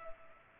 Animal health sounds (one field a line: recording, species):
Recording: mosquito wingbeat signal from an infrared sensor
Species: Culex pipiens